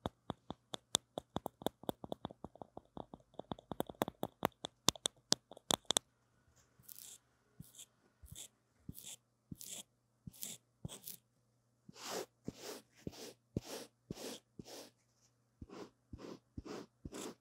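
Tapping and brushing on a wired microphone. The first six seconds are quick, crisp taps in a steady run. After that comes a slower series of soft, hissy brushing strokes about twice a second, all over a faint, constant low hum.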